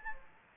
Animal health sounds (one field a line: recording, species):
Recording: mosquito wingbeat signal from an infrared sensor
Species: Anopheles gambiae